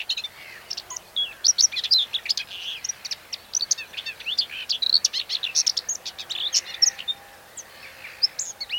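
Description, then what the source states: Common whitethroat singing a fast, dense, scratchy chatter of high notes. Song recorded on 8 June 2020.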